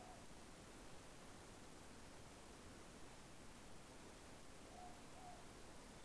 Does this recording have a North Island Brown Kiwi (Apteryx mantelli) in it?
no